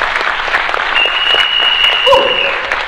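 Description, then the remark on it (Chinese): A crowd breaks into steady applause, dense overlapping claps filling the whole stretch at a fairly even loudness, with a couple of thin whistle-like tones rising above the clatter. “自己好，哎，给他一个掌声，好不好？”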